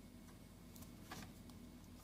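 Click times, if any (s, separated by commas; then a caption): none. During reassembly of a Toshiba Satellite Pro C650 laptop, a ribbon cable is handled at its connector on the motherboard, with the connector's locking flap not yet pressed down. Faint soft ticks and light handling noises, slightly stronger around 1.1 to 1.2 seconds, sit over a steady low hum. Nothing has seated or clicked yet.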